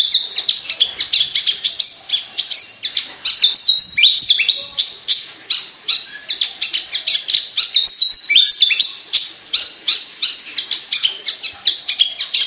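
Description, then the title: Javan bush lark singing nonstop, a dense stream of high chirps and varied slurred whistles with a few brief pauses. Local name branjangan; described as gacor, meaning singing vigorously; bird or song style called Petir. "Branjangan Gacor Petir 1"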